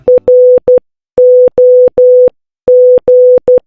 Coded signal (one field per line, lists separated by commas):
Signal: Morse code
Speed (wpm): 12 wpm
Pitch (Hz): 500 Hz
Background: none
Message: ROG